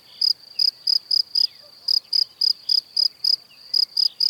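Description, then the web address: Cricket chirps, shrill and high, repeated in short runs separated by brief gaps, over a faint hiss. "Kurs PTTK Przyroda Ptaki Świerszcze"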